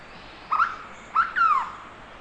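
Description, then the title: Hooded berryeater calling with three mellow notes, a short rising one, a brief pause, then two slurred notes, the last sliding clearly downward. "LuckyPassaro Completos2Sama. Hooded Berryeater (Carpornis cucullata)"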